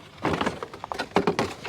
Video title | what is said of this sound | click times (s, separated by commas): DIY 2015 GMC Yukon Air Filter - Cabin Air Filter replacements | we'll hear that click click and | 1.2 s, 1.4 s